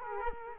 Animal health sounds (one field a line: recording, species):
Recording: mosquito wingbeat signal from an infrared sensor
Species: Culex quinquefasciatus